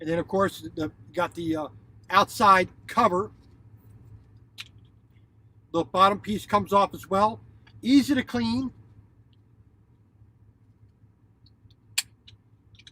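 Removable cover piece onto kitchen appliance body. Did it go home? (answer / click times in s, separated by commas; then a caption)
yes / 12.0 s. A removable cover piece is fitted back onto the body of a kitchen appliance and locks in place. Someone talks during the first nine seconds, then after a quiet stretch a sharp click is heard at 12.0 seconds as the piece seats, followed by a few faint ticks.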